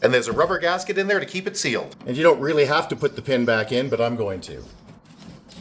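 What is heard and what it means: Someone talks while handling an Ortho Killex Weed B Gon spray bottle whose hose-end sprayer head, sealed by a rubber gasket inside, has just been snapped back on, as the small plastic locking pin that holds the head on is about to be pushed back in. The talking fades near the end, and a faint, short tap comes at about 5.5 s. Nothing has seated or clicked yet.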